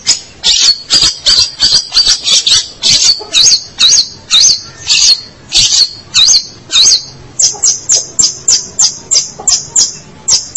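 Long-tailed shrike pouring out quick high twittering phrases, then settling into an even series of sharp repeated chirps.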